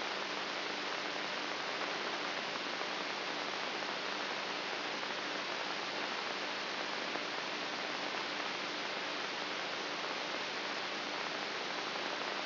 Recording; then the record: brain microelectrode recording played as sound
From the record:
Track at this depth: inside the subthalamic nucleus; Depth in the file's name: 5.64 mm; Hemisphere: right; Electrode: 3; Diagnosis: Parkinson's disease